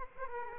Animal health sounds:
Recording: mosquito wingbeat signal from an infrared sensor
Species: Aedes aegypti

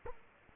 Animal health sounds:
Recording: mosquito wingbeat signal from an infrared sensor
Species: Culex quinquefasciatus

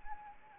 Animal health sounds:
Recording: mosquito wingbeat signal from an infrared sensor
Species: Anopheles arabiensis

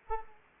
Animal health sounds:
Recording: mosquito wingbeat signal from an infrared sensor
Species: Anopheles arabiensis

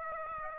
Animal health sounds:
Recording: mosquito wingbeat signal from an infrared sensor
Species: Aedes aegypti

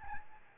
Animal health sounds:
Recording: mosquito wingbeat signal from an infrared sensor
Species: Aedes albopictus

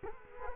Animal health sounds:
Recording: mosquito wingbeat signal from an infrared sensor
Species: Culex quinquefasciatus

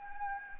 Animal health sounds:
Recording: mosquito wingbeat signal from an infrared sensor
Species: Anopheles gambiae

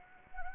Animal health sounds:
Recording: mosquito wingbeat signal from an infrared sensor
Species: Anopheles arabiensis

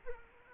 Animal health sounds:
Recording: mosquito wingbeat signal from an infrared sensor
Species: Culex quinquefasciatus

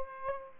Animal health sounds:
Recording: mosquito wingbeat signal from an infrared sensor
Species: Aedes aegypti

